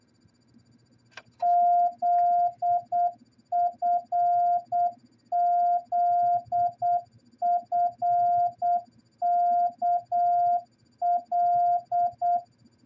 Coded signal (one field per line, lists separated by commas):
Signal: Morse code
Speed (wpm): 8 wpm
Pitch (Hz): 700 Hz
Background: none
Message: ZFZFKL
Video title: Morse Code Training At 8 Words Per Minute!